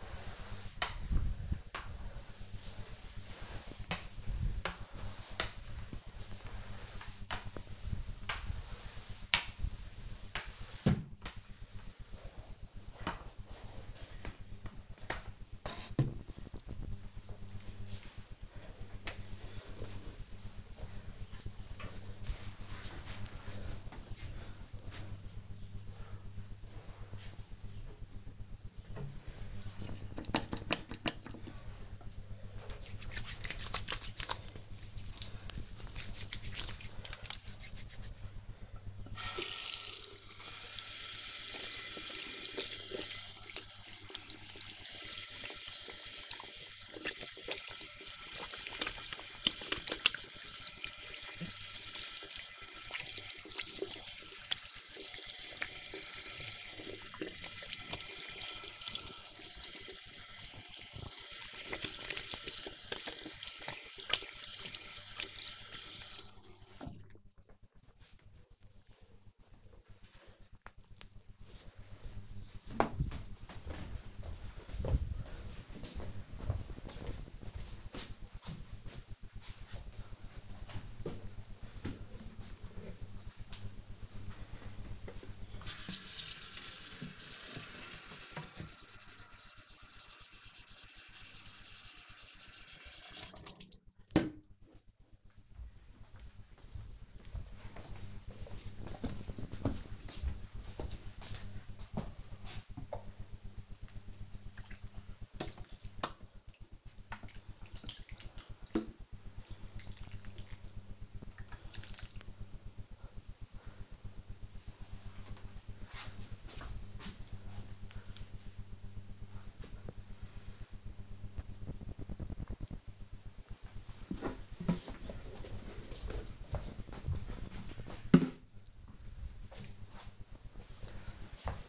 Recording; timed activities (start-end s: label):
household activities, microphone on the right wrist
0.00-12.78 s: floor cleaning
27.87-67.10 s: washing hands
82.20-114.43 s: watering plant